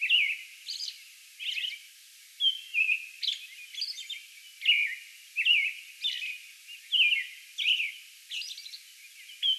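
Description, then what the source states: American robin singing caroling phrases, rich whistled slurs that rise and fall, interspersed with thin high notes. Song bout on May 11.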